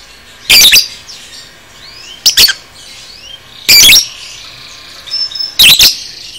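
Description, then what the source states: Lovebird shrieks: four loud, grating screeches spaced a second or two apart, with soft, high chatter between them. Masteran training recording of 'paud' lovebird song, made for teaching cage birds.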